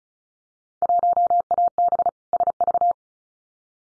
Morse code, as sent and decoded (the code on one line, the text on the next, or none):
.---- .- -... / ... ...-
1AB SV